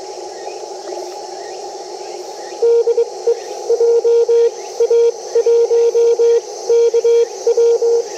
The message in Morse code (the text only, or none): DE JA1KW